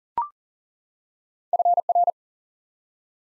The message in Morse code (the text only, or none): FR